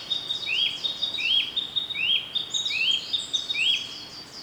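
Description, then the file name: Narcissus flycatcher singing a steady phrase of bright notes with a downward slur, repeated about every three quarters of a second, with soft high chirps behind. "rodolphe alexis - narcissus flycatcher"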